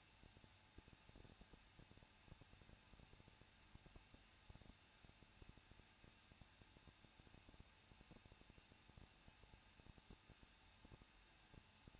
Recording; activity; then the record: daily activity, microphone in the room; no activity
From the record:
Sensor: 2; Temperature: 20.9 degrees Celsius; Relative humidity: 37.6%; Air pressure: 1006.3 hPa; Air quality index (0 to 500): 224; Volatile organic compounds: 26 ppm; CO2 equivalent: 2858 ppm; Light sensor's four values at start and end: 2/3/2/2 and 2/3/2/2